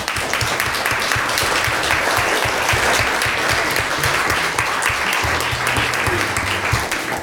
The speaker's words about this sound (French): Voilà pour de premiers applaudissements, d'autres suivront.